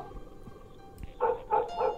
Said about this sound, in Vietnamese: Bầy chó chả biết làm sao tụ tập ở ngoài cổng, càng ngày càng đông, cảm giác như chó của cả khu này nó tụ tập về đây mà sủa ông ổng vậy.